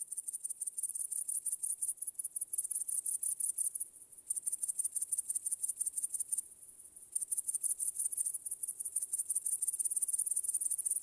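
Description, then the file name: Cricket trilling in fast, shrill, rhythmic pulses, broken by a few short pauses. "świerszcze"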